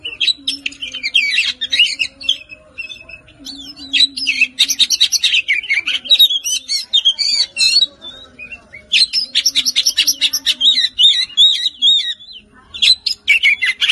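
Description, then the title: Oriental magpie-robin song: a long, rapid, rich stream of varied whistles, trills and chattering phrases, with a faint low hum in the background. "Kacer"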